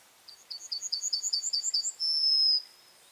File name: citromsármány-hangja